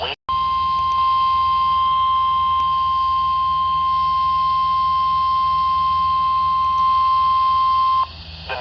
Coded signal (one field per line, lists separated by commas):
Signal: Emergency Alert System (SAME) tones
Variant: 1050 Hz attention tone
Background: speech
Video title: THE WAKEFIELD, STERLING, & MT. HOLLY BEACH BASH! EAS Alerts from 7/12/22 (EAS #1,058-1,079)